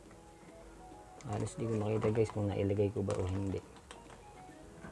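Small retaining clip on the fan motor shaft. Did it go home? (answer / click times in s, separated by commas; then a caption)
yes / 3.9 s. During a repair of a slow-spinning clip fan, a small retaining clip is fitted onto the fan motor shaft while someone talks. A single short, sharp click at 3.9 s marks the clip locking into place, and it is confirmed seated.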